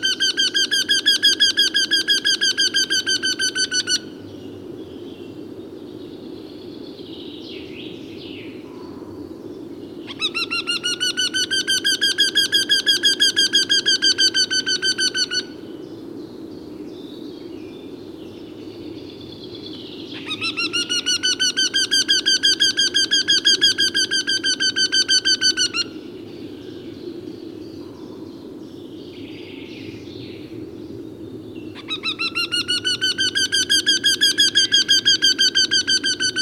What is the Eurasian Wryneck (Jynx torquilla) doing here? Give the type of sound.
call